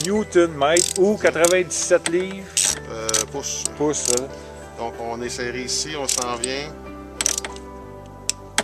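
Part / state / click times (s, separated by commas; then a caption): torque wrench tightening a spark plug into a snowmobile cylinder head / torque reached / 8.3 s, 8.6 s. A torque wrench set to 11 Nm (97 in-lb) tightens a spark plug into the cylinder head of a Ski-Doo 1200 snowmobile engine while someone talks over music, and a quick run of ratcheting ticks is heard around 7.2–7.4 s. The wrench clicks at its setting at 8.3 s and 8.6 s, confirming the plug is torqued.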